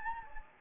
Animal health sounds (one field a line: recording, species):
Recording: mosquito wingbeat signal from an infrared sensor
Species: Anopheles gambiae